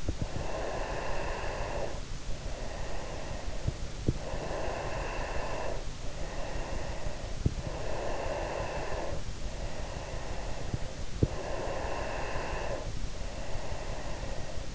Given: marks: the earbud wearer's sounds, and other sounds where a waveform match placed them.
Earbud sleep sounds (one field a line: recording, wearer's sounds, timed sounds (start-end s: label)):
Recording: sounds in sleep by an in-ear microphone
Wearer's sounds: breath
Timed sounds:
0.39-3.77 s: breath
4.09-10.92 s: breath
11.31-14.49 s: breath